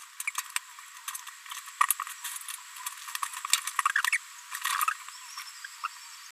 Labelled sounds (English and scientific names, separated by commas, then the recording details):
Green-rumped Parrotlet (Forpus passerinus) babbling
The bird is a female
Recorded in a nest box in Venezuela
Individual 17B73B2